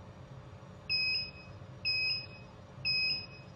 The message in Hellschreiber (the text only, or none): none